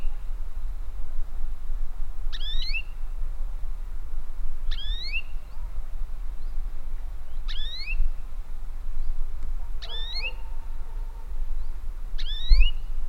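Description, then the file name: European greenfinch calls: five bright, curving chirps repeated every two to three seconds against a low, steady rumble. "Chloris chloris"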